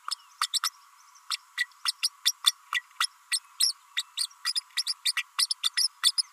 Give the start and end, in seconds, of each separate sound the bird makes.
0.11-0.15, 0.41-0.48, 0.53-0.59, 0.63-0.69, 1.30-1.36, 1.57-1.66, 1.85-1.92, 2.02-2.09, 2.25-2.32, 2.46-2.52, 2.74-2.82, 3.00-3.06, 3.31-3.39, 3.60-3.73, 3.96-4.02, 4.17-4.26, 4.45-4.53, 4.76-4.83, 4.86-4.93, 5.05-5.12, 5.16-5.23, 5.38-5.46, 5.50-5.54, 5.63-5.69, 5.77-5.88, 6.02-6.11, 6.17-6.22